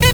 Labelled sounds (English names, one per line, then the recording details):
Zebra Finch stack call
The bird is a female
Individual fem2